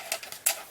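A 4-inch twist-lock ring on a flexible Shop Fox dust-collection hose is twisted onto a plastic pipe fitting, giving a few soft ticks around 0.1, 0.2 and 0.3 seconds. A sharp, bright tick at 0.5 seconds marks the ring locking in place, and the ring is seated.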